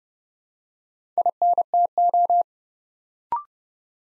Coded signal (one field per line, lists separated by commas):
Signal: Morse code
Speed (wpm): 30 wpm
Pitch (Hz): 700 Hz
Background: none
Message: INTO